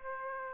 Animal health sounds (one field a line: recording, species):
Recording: mosquito wingbeat signal from an infrared sensor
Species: Aedes aegypti